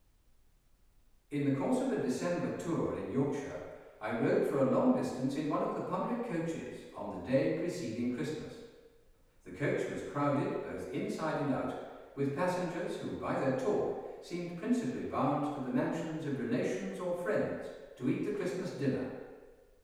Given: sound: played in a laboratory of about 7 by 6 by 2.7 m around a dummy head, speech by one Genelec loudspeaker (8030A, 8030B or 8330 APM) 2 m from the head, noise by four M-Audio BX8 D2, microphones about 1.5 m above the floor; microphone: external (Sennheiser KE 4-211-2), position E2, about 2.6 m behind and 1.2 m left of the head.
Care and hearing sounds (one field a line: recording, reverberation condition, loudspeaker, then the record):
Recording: male speech in English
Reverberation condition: high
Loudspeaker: in front (0 degrees)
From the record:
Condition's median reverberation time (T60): about 1300 ms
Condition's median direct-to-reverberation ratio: about -4.0 dB